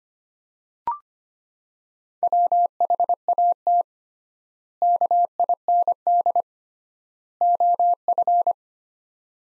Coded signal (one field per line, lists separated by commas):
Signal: Morse code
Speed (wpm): 25 wpm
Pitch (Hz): 700 Hz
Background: none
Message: WHAT KIND OF